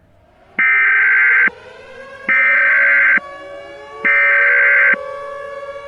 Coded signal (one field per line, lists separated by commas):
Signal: Emergency Alert System (SAME) tones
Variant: header bursts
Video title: #4 EAS Mock: R-BAT (Halloween 2023)